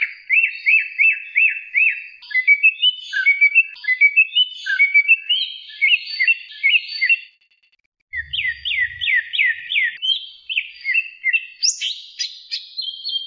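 Leafbird pouring out a long medley of quick chirps, whistled slurs and trilled notes, with a short pause and a dull low bump midway.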